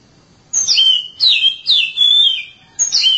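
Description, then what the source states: Oriental magpie-robin giving loud, ringing whistles, each phrase sliding sharply downward and then holding a steady note, repeated several times with brief gaps. Long-duration song.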